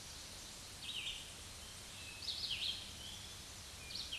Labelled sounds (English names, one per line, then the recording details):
Red-eyed Vireo song
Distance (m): 30 m
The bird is about 25 m above the microphone
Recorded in a Pennsylvania forest on 16 May 2024 at 06:40
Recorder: AudioMoth, point MSD-0192
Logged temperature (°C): 16.0 °C
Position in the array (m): 165 m, 73 m